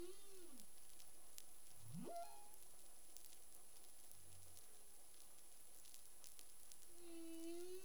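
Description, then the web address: Humpback whale song units: a falling moan, then a sharp upsweep climbing from low to high, a brief low grunt, and a long harmonic tone, over steady clicking crackle. Recorded in the Caribbean on 25 February 2021 at 11:35 UTC. "CARIMAM. humpback whale"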